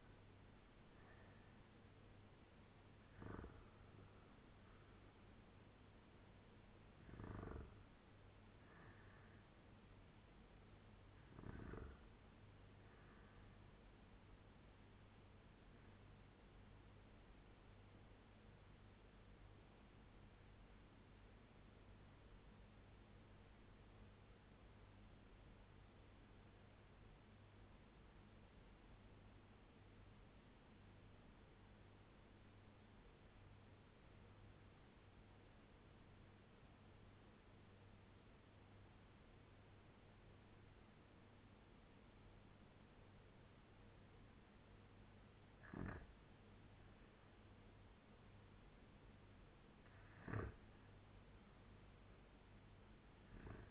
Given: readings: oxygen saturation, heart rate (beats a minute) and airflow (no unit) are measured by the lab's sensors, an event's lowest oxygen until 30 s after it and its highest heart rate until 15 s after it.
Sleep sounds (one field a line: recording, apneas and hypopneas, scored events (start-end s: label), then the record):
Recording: breathing in sleep by a voice recorder at the bedside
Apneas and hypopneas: 1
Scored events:
20.00-46.90 s: obstructive apnea (REM, oxygen 97% highest, then 88% lowest, heart rate 85 at the start, 88 highest)
From the record:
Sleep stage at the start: REM sleep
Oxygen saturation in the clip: 84 to 97%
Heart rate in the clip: 76 to 92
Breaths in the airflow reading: 6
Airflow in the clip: -9.6 to 7.1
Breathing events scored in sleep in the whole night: 201 in 6.5 hours asleep